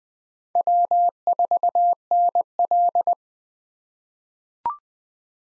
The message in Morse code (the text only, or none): W4NL